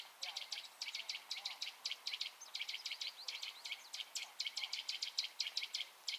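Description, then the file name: Eurasian nuthatch calling in quick bursts of sharp high notes, grouped in clusters with short gaps. "Sitta europaea"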